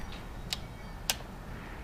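A LifeLine Essential Torque Wrench MK2 is used to apply torque again to a bicycle seat post clamp bolt, producing two sharp clicks at 0.5 s and 1.1 s. The second click is louder, and the clicking shows the specified torque setting has been reached.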